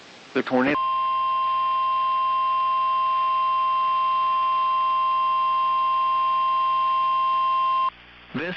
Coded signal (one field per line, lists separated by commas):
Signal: Emergency Alert System (SAME) tones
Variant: 1050 Hz attention tone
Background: speech